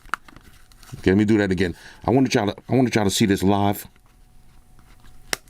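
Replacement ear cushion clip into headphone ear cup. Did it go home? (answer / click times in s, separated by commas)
yes / 5.3 s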